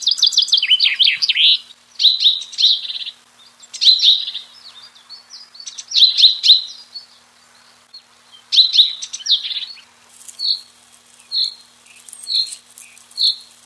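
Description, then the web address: Common chaffinch song: several brisk, high, trilled phrases, then a few short, sharp single notes roughly once a second. Fringilla coelebs, dated 30 04 93. "birdsong 30 04 93 fcoelebs"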